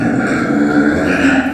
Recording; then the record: squeal of a Yucatan mini pig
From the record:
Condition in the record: after surgery on the right vocal fold (resection and tissue-engineered implant); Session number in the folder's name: 3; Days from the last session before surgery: 21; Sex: female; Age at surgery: 19 weeks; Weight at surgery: 25 kg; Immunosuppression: prednisolone